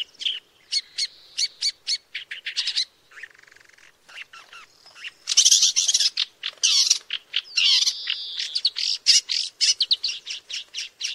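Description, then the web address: Woodchat shrike giving rapid dry chatter that breaks into a harsher, buzzy burst midway, then resumes with sharp repeated ticking notes and thin whistles. "sound Woodchat-shrike. صدای-پرنده-سنگ-چشم-کله-سرخ"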